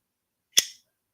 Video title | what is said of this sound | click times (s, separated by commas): Urban Legends Live #4 Easter Edition | that's just an authoritative snap | 0.6 s